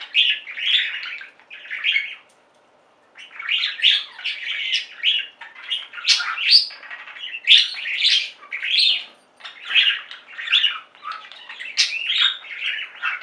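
Budgerigar chatter, a steady run of rapid warbled chirps and squeaky notes with a brief pause near the start, continuing almost without break.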